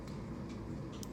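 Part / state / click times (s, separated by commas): safety shield on an insulin pen needle / not seated / none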